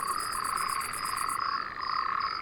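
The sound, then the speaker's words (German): A dense chorus of male frogs calls continuously in spring, layered trills and croaks overlapping, with a rapid, evenly pulsed high trill for the first half before it drops out. A toad's lower, quieter croaking is also heard. No voices. “Die Froschmännchen rufen jetzt im Frühjahr nach den Weibchen.”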